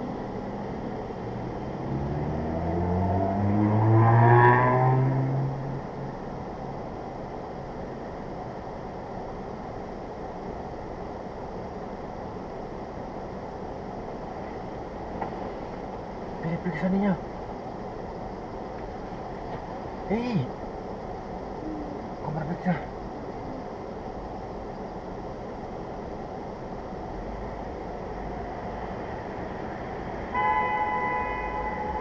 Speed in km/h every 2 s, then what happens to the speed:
0, 0, 0, 0, 0, 0, 0, 0, 0, 0, 0, 0, 0, 0, 0, 0.
0-32 standing.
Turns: none.